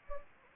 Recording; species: mosquito wingbeat signal from an infrared sensor; Anopheles gambiae